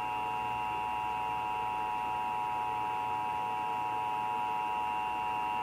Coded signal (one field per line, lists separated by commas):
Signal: Emergency Alert System (SAME) tones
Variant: 853 and 960 Hz attention tone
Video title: Iowa Required Monthly Tests (EAS #183-184)